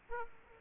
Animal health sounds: mosquito wingbeat signal from an infrared sensor; Aedes aegypti

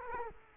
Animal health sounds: mosquito wingbeat signal from an infrared sensor; Culex quinquefasciatus

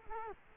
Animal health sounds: mosquito wingbeat signal from an infrared sensor; Culex quinquefasciatus

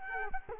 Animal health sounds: mosquito wingbeat signal from an infrared sensor; Culex quinquefasciatus

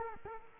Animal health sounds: mosquito wingbeat signal from an infrared sensor; Culex quinquefasciatus

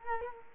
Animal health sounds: mosquito wingbeat signal from an infrared sensor; Culex quinquefasciatus

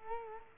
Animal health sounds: mosquito wingbeat signal from an infrared sensor; Culex quinquefasciatus

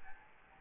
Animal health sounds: mosquito wingbeat signal from an infrared sensor; Aedes albopictus

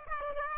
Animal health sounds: mosquito wingbeat signal from an infrared sensor; Aedes aegypti

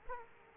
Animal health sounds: mosquito wingbeat signal from an infrared sensor; Aedes aegypti

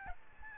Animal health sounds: mosquito wingbeat signal from an infrared sensor; Aedes albopictus

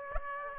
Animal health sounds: mosquito wingbeat signal from an infrared sensor; Aedes aegypti

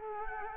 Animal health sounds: mosquito wingbeat signal from an infrared sensor; Culex quinquefasciatus

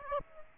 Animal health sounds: mosquito wingbeat signal from an infrared sensor; Aedes aegypti

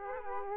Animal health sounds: mosquito wingbeat signal from an infrared sensor; Aedes aegypti

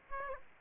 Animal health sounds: mosquito wingbeat signal from an infrared sensor; Aedes aegypti

